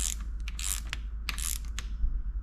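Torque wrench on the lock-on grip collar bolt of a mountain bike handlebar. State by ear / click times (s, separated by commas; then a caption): torque reached / 1.3 s. A small torque wrench ratchets in a series of short clicks while tightening the collar bolt of a lock-on grip (Deathgrips) on a mountain bike handlebar, with the collar pushed fully onto the grip. At 1.3 s the wrench gives its louder click at the preset torque, confirming the bolt is properly tightened.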